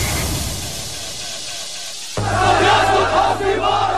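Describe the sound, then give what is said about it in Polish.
A large crowd in Tahrir Square, Cairo, Egypt, in 2011 shouts and chants together for Mubarak to go, in a loud, roaring wave of voices, swelling abruptly halfway through into a dense, rhythmic protest chant. “Mubarak musi odejść natychmiast, krzyczał w 2011 roku tłum na placu Tahrir.”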